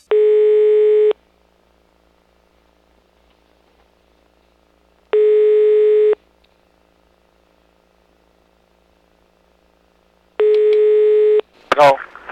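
A telephone dial tone sounds three times, each a steady, buzzy mid-pitched hum lasting about a second, separated by long silent gaps, with a short burst of noise at the very end.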